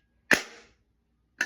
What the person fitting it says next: And you heard the big click. You heard that means it's in.